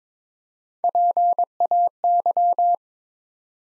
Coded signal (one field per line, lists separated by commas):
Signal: Morse code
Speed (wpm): 23 wpm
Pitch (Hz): 700 Hz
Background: none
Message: PAY